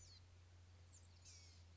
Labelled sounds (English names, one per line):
Blue-gray Gnatcatcher